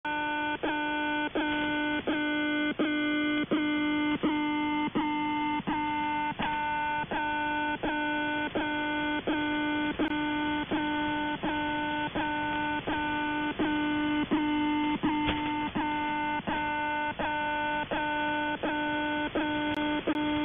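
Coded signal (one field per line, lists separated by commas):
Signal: channel marker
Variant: The Alarm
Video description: "The Alarm" is a Russian military station that broadcasts on 4770 kHz USB.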